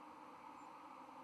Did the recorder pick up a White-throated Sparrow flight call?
no